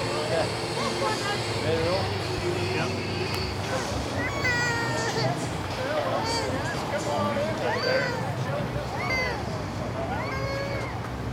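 Walking through the Universal Studios Florida theme park, a dense crowd of overlapping voices chatters steadily throughout. Several higher voices rise and fall above the babble, some calling out, while a low engine-like rumble runs underneath the whole time.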